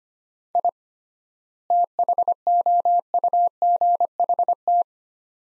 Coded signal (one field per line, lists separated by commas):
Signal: Morse code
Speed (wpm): 25 wpm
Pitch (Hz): 700 Hz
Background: none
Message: I THOUGHT